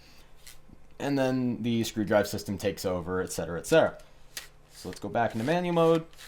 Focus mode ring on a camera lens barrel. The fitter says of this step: You turn the ring a little bit, and it locks into place right there.